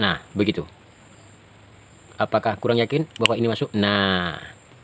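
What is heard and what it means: Someone talks while handling the plastic twist-lock retainer ring in its housing on the fuel system of a 2014 Scoopy FI scooter, which has a starter and fuel indicator that suddenly cut out. Short bursts of speech are heard with quiet gaps between them. Nothing has seated or clicked yet.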